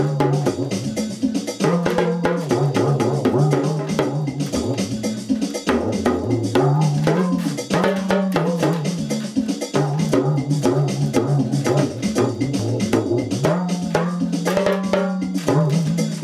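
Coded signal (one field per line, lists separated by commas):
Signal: talking drum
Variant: English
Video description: My Remo Talking drum recites 2 old nursery rhymes; Baa, baa, black sheep, have you any wool?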